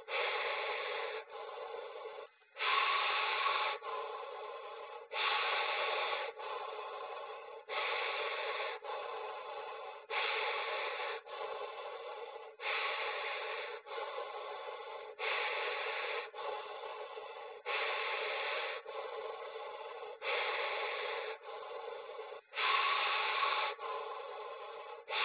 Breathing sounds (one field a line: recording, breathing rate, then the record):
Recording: paced breathing near a phone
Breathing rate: 24 breaths a minute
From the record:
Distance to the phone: 20 cm